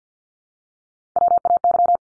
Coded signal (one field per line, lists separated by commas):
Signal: Morse code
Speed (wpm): 50 wpm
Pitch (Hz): 700 Hz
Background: none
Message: WAY